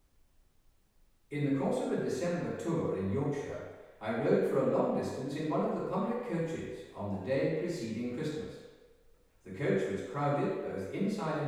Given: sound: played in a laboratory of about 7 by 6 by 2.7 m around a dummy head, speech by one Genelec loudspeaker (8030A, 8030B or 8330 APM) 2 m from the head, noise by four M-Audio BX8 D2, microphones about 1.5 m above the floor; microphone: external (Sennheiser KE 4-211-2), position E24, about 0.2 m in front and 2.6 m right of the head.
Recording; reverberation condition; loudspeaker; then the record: male speech in English; high; 90 degrees to the left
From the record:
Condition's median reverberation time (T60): about 1300 ms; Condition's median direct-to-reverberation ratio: about -4.0 dB